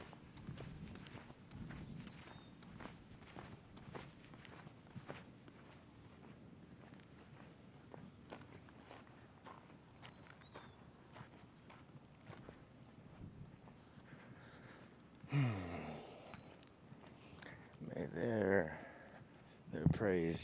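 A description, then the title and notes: Footsteps on a walk around the block, a steady run of soft, regular steps over a low background murmur for most of the stretch. Near the end, from about fifteen seconds, louder voices break in, with short speech bursts around eighteen and twenty seconds. So, I took a one mile walk around my block and enjoyed the sounds.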